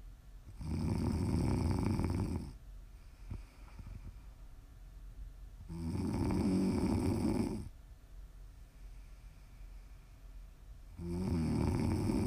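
ASMR snoring from an adult sleeper, meant for listening to sleep, relax or wind down. Long, low-pitched snores, each about two seconds, come roughly every five seconds, with quieter breathing between them.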